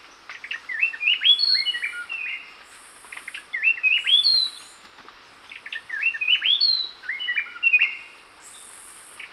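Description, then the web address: Gray-breasted Wood-wren singing melodic whistled phrases of rising and falling notes, repeated every few seconds, with high insect buzzing in the background. Lower subtropical zone, Ecuador. "Natures Songs S America Birds of Ecuador Gray-breasted Wood-Wren (lower subtropical)"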